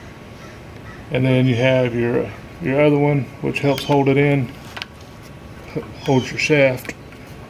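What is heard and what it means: Someone talks while handling a second metal retaining clip that holds the axle shaft on the Dana 30 front axle of a 1966 Ford Bronco during a front disc brake conversion, with a brief sharp tick near 4.8 s between phrases. The clip has not snapped into place yet; nothing has seated or clicked.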